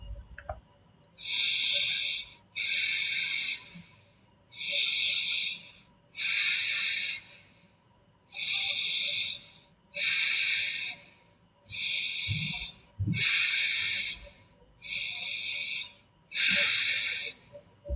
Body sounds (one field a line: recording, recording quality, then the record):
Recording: deep breathing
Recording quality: excellent, no background noise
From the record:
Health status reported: healthy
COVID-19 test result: negative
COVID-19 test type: RT-PCR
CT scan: not taken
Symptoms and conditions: none ticked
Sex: male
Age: 22 years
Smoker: no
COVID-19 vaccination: one dose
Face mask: not worn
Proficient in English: yes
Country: India